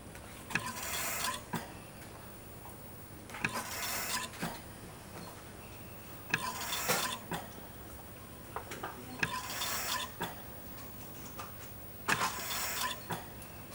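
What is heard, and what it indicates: A hospital ventilator cycling, with bursts of breathy hiss and mechanical clicks about every three seconds.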